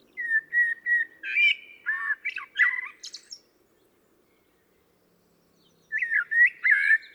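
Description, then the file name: Common blackbird singing steady fluty whistles that become a wavering warble, then silence before another short mellow phrase. "Turdus merula"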